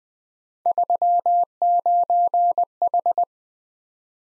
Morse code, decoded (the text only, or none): 39H